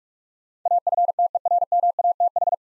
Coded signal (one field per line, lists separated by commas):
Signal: Morse code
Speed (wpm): 41 wpm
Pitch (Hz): 700 Hz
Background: none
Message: AFTERMATH